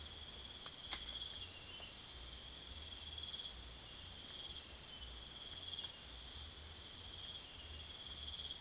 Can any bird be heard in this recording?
no